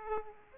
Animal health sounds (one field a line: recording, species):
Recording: mosquito wingbeat signal from an infrared sensor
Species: Aedes aegypti